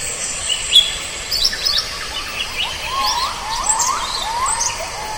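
Blue-winged Leafbird song: a lively run of varied chirps and short slurred whistles, some rising and falling, over a steady high background hiss.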